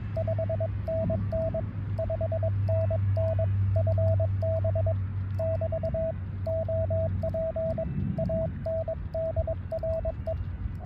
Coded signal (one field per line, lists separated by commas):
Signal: Morse code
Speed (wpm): 21 wpm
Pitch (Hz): 650 Hz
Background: radio noise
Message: 5NN 5NN FB <BT> OP ANDRE